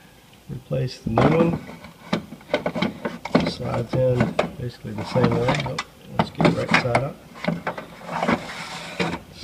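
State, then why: Not seated. A new plastic replacement projection lamp housing for a Sony Wega KDF-55E2000 TV is turned right side up and lined up with the lamp bay socket while someone talks. A few minor handling knocks are heard as it is positioned, and nothing has seated or clicked yet.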